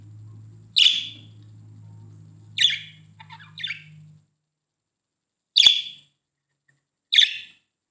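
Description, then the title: Budgerigar calls: single bright, sharp chirps spaced one to two seconds apart, with a low hum stopping midway. "Budgie Sounds"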